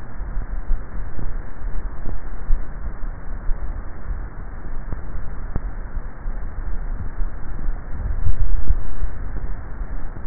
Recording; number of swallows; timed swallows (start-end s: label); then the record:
swallowing sounds by neck microphone; 1
8.08-8.85 s: swallow
From the record:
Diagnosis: dysphagia